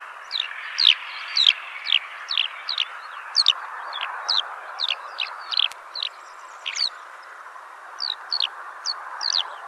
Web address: alauda arvensis call